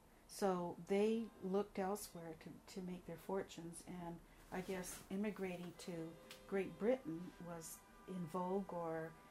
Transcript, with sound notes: So they looked elsewhere to to make their fortunes and I guess immigrating (car horn) to Great Britain was in vogue. Or